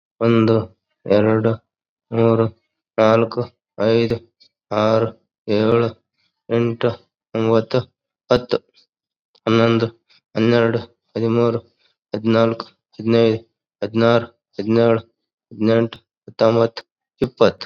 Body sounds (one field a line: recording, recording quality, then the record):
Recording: counting at a normal pace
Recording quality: excellent, no background noise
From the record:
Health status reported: COVID-19 positive, mild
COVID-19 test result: positive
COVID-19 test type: RT-PCR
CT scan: not taken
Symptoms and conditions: cough, fever, muscle pain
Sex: male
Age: 50 years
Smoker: no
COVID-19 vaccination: both doses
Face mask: not worn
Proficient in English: no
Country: India